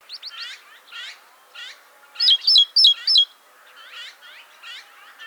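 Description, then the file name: Great tit calls: four loud, bright, repeated notes in a quick run midway, among many softer chirps and twittering notes. "Parus major"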